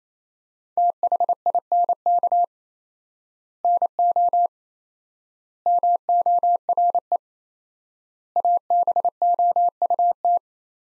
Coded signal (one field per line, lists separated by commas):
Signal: Morse code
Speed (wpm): 28 wpm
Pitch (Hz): 700 Hz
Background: none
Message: THINK NO MORE ABOUT